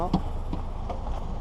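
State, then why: Not seated. Someone talks while handling the rear window trim molding, with its inner retainer clips, at the rear window opening of a 2017 Lincoln MKC during a rear window replacement. A brief soft knock comes at 0.5 s over a steady low background. Nothing has seated or clicked yet.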